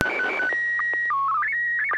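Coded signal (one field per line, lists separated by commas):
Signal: SSTV (slow-scan television)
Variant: PD 120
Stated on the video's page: SSTV net on a 441.300 MHz FM repeater in Sacramento, sent using MMSSTV software.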